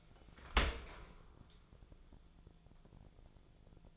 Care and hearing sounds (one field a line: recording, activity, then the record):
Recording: daily activity, microphone in the room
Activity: open dishwasher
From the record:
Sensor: 5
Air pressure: 1000.6 hPa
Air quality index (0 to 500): 150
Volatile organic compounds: 2 ppm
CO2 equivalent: 1158 ppm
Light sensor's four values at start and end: 40/91/39/42 and 41/93/40/43